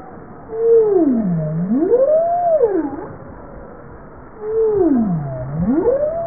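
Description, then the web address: Bowhead whale making two low, swooping moaning calls that fall then rise again, over a steady underwater hiss. "JASA 2013 Blue Bowhead Fin Humpback Southern Right Whale bowhead"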